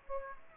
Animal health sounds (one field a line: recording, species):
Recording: mosquito wingbeat signal from an infrared sensor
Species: Aedes aegypti